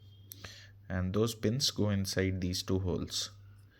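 A DJI Mic Mini wireless microphone transmitter is handled over the two charging pins of its receiver/charging dock, which go into the transmitter's two holes. A brief sharp tick at about 0.3 s and a softer knock near 0.5 s come before someone talks over a steady low hum. Nothing has seated or clicked yet.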